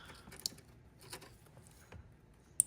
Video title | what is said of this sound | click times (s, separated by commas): ISF VALLEY PLATE REPAIR TUTORIAL | I need 2 hands. Oh, there's 1 click. | 2.6 s